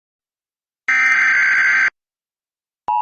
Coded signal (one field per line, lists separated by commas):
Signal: Emergency Alert System (SAME) tones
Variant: header bursts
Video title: EAS Green Screen Template Tornado Warning Houston Tx